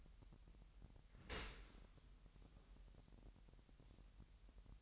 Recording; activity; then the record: daily activity, microphone in the room; open dishwasher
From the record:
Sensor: 3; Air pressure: 998.2 hPa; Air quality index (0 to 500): 150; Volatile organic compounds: 5 ppm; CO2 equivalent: 1799 ppm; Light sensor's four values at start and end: 13/38/15/14 and 13/38/15/14